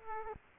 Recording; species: mosquito wingbeat signal from an infrared sensor; Aedes aegypti